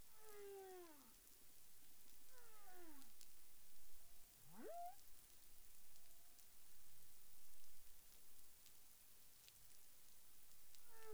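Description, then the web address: Humpback whale song units: two harmonic downswept moans, then a sharp upswept whoop, over steady background hiss. Recorded in the Caribbean on 30 January 2021 at 13:06 UTC. "CARIMAM. humpback whale 20210130 130658 UTC"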